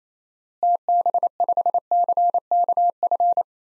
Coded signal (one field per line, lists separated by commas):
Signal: Morse code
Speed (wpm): 28 wpm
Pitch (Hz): 700 Hz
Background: none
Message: TB5CKF